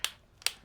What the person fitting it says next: You hear that little snap?